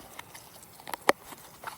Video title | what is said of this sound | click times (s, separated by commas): Testing BCB Fire Dragon Stove - Tortellini Grilled Veggies | they snap right into place | 0.9 s, 1.1 s